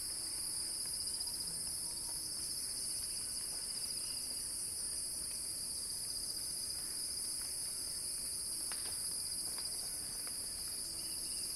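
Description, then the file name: Steady, piercing cicada buzz continuing throughout, with a few soft clicks. Cicada song building in a crescendo. "earth-fm Axel-Drioli Cicada-Crescendo-Sounding-Wild"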